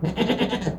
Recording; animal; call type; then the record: contact call of a hoofed animal; goat; low-frequency (closed-mouth) or high-frequency (open-mouth) call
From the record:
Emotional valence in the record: negative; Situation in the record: food frustration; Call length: 0.79 s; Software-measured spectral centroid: 1830 Hz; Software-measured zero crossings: 1470 a second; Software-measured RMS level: -24 dBFS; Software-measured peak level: -8 dBFS